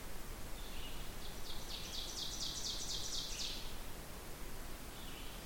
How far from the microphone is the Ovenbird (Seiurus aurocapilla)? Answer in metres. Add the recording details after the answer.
about 65 m. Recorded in boreal forest in Alberta, Canada, on 16 June 2016 at 08:07. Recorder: SongMeter 3, array SBT-3-32. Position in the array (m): 144 m, 26 m. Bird 36